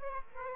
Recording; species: mosquito wingbeat signal from an infrared sensor; Aedes aegypti